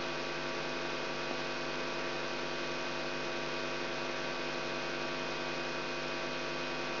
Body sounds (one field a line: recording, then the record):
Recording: brain microelectrode recording played as sound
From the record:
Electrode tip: outside the subthalamic nucleus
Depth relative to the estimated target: -6 mm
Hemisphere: right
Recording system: AlphaMap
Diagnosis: Parkinson's disease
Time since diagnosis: 16 years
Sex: male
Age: 67 years